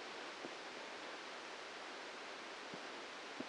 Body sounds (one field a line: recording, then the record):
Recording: brain microelectrode recording played as sound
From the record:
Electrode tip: inside the subthalamic nucleus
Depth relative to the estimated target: 1 mm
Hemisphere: left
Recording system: NeuroSet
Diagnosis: Parkinson's disease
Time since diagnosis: 8 years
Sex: male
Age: 59 years